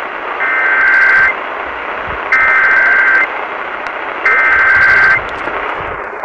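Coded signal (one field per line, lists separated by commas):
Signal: Emergency Alert System (SAME) tones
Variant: header bursts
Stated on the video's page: Kern County broadcast radio EAS required monthly test.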